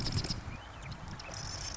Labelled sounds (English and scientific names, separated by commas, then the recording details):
Marsh Wren (Cistothorus palustris)
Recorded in Sonoma County, California